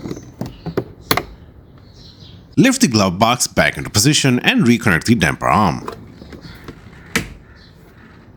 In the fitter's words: Reinstall the filter cover and make sure it clicks into place.